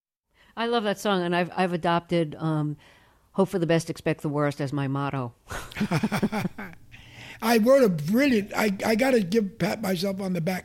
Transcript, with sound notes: I love that song, and I've adopted hope for the best, expect the worst as my motto.
(LAUGHTER)
I wrote a brilliant - I got to give - pat myself on the back.